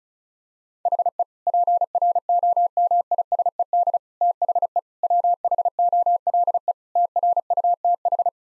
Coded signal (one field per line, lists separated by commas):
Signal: Morse code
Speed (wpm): 34 wpm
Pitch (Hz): 700 Hz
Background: none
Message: HE PROMISED THE WHOLE TRUTH